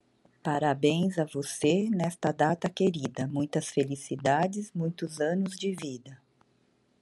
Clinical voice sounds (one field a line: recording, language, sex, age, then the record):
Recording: short text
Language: Brazilian Portuguese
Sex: female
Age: 50 to 59 years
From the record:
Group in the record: control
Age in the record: 53 years